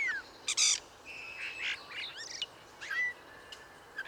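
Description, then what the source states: Common Starling song, faint: a falling whistle, buzzy bursts, chattering notes and a short clear whistle near the end over a steady hiss. 5–8 starlings vocally challenging each other atop a ~20 m plane tree: trills, whistles, rolls, calls; Bois de Vincennes, 1 January 2019, foggy morning, ~8°; Nagra Seven, Wildtronic parabola, mono.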